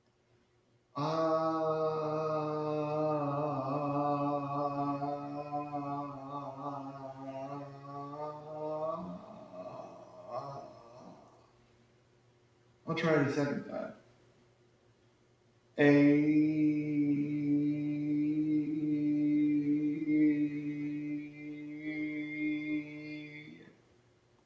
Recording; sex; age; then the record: vowel held as long as possible; male; 30 to 39 years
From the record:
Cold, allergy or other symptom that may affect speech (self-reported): no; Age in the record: 33 years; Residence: Connecticut, United States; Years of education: 17